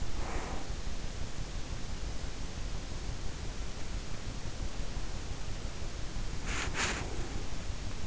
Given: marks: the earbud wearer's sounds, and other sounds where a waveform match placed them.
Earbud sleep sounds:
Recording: sounds in sleep by an in-ear microphone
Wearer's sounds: breath, body movement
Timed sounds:
0.00-0.71 s: breath
5.98-7.34 s: body movement

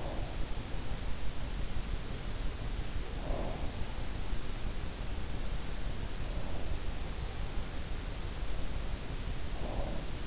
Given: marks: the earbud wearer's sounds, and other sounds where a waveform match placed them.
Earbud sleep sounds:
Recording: sounds in sleep by an in-ear microphone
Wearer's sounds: breath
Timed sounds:
0.00-0.45 s: breath
3.29-3.94 s: breath
9.63-10.27 s: breath

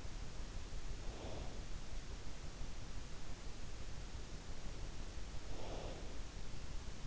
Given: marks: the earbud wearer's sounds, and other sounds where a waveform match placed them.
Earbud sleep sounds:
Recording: sounds in sleep by an in-ear microphone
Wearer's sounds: breath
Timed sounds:
0.84-1.77 s: breath
5.30-6.28 s: breath

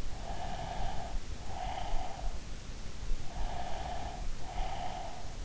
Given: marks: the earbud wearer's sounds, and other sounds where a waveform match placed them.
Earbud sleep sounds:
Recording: sounds in sleep by an in-ear microphone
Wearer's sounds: breath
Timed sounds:
0.29-2.42 s: breath
3.36-5.36 s: breath

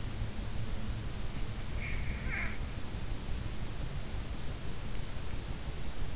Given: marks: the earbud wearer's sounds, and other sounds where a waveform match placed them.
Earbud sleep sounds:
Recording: sounds in sleep by an in-ear microphone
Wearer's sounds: snoring breath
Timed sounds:
0.81-3.29 s: snoring breath

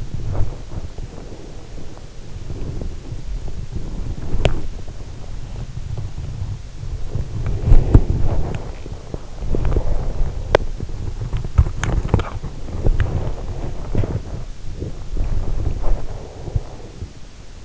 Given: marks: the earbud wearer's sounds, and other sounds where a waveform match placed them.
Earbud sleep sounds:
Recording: sounds in sleep by an in-ear microphone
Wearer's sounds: body movement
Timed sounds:
0.00-17.65 s: body movement

